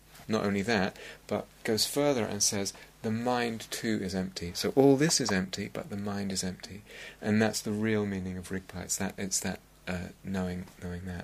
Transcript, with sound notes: Not only that, but it goes further and says, "The mind, too, is empty." So all this is empty, [taps something] but the mind is empty, and that's the real meaning of rigpa, it's that knowing, knowing that,